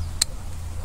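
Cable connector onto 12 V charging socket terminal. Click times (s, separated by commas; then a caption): 0.2 s. A plus/minus cable connector is pushed onto a terminal of a 12 V battery charging socket on a Yamaha XJ6 / FZ6R motorcycle. A single sharp, bright click sounds at 0.2 s over a steady low hum. The connector locks and holds very tightly.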